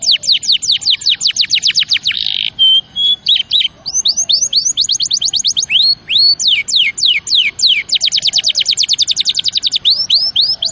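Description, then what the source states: Canary song of rapid repeated downslurred whistles, a brief buzzy note and a short pure tone, then further fast trills and looping high notes continuing without pause. Champion canary song used as a master recording for training other birds.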